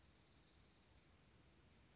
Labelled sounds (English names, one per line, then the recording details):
Western Flycatcher
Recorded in Sonoma County, California